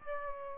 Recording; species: mosquito wingbeat signal from an infrared sensor; Aedes albopictus